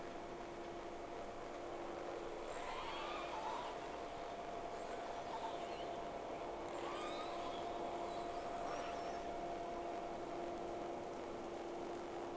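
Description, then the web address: Whale calls: a few faint upswept and arched tonal cries over constant hiss and a steady low hum. Recorded 3 October 2006 with two whales present, first round of recording. "Sea Snake 10-3-06 Whales X 2 11-30 Round 1"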